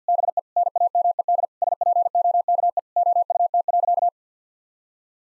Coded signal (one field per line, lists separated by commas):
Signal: Morse code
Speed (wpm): 50 wpm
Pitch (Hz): 700 Hz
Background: none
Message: BE NAMED SPOKE OUT.